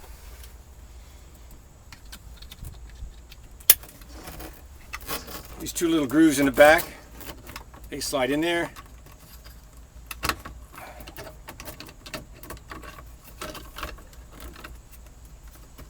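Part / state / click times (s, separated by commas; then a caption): trailer brake controller into its dash mount bracket / not seated / none. A trailer brake controller for a 2019+ Sprinter, handled for fitting into its plastic dash mount bracket, with its two rear grooves lined up to slide onto the mount. Someone talks while small taps and plastic handling sounds come through, along with a sharp knock near 3.7 s. Nothing has seated or clicked yet.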